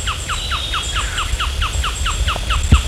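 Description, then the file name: Bird giving a fast series of many short, downward-sliding chirps over a low background rumble, with a single thump near the end. "SABIOD 50 bird 2015"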